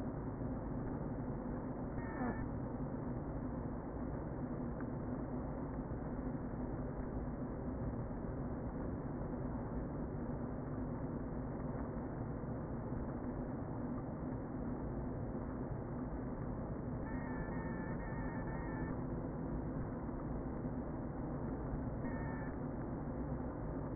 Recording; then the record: honeybee colony, microphone inside the hive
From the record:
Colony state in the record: queen present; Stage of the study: before two queens were removed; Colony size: about 60,000 bees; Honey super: yes